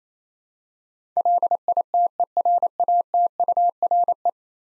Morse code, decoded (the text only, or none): LITERATURE